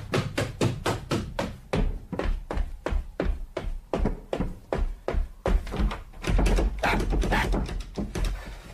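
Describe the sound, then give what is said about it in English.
Loud, rapid pounding on a locked door: a long run of heavy thuds in a steady, urgent rhythm that turns into a rougher, denser flurry of blows near the end. “Who's in there? Who is it? Open this door!”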